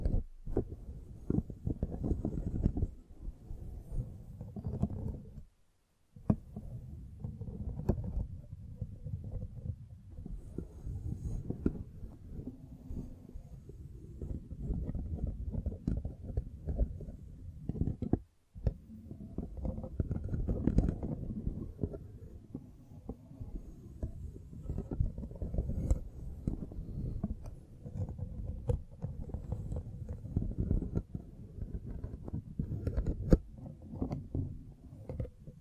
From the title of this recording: Mic Brushing and Scratching